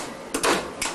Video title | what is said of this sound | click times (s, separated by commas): Home Video 76, Budetti Training part 2 | Yeah, the middle piece grabs it on the bottom and clicks it into place. You hear | 0.3 s, 0.8 s